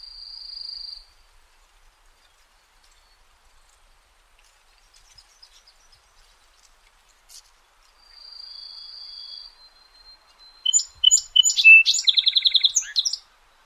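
Song sparrow song near the end: sharp notes and a quick trill, after a quiet stretch with two long high whistled notes.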